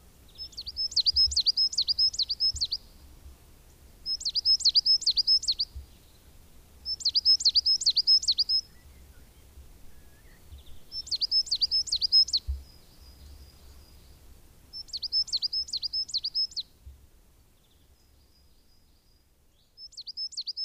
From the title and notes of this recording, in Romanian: Triluri urbane. Pițigoiul de brădet.